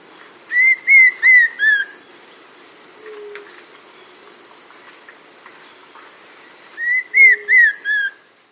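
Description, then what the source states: White-spotted antvireo singing a short phrase of four clear whistled notes, repeated after a pause of about five seconds, over a steady high insect hum. South America.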